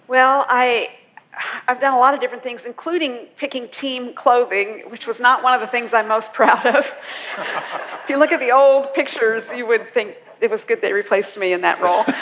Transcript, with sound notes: Well, I’ve done a lot of different things, including picking team clothing—which was not one of the things I’m most proud of. (laughter) If you look at the old pictures you would think it was good they replaced me in that role!